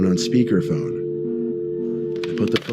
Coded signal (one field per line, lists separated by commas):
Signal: telephone call progress tone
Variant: North America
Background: speech, music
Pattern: dial tone